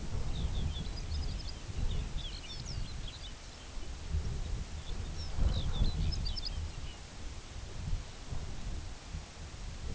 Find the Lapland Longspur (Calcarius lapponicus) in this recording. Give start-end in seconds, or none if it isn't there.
0.14-3.76, 4.14-7.08